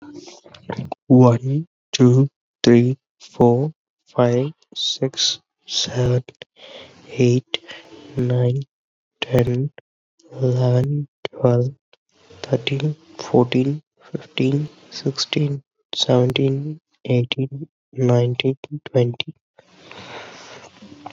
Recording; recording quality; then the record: counting at a normal pace; excellent, no background noise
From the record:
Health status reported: COVID-19 positive, no symptoms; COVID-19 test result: positive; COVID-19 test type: RT-PCR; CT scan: not taken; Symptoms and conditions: fatigue, muscle pain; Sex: male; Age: 23 years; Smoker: yes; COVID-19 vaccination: both doses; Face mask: not worn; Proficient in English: yes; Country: India